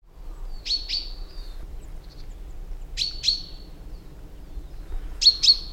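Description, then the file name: Common chaffinch uttering crisp high notes in pairs, repeated about every two seconds, with low steady background noise. "Fringilla coelebs"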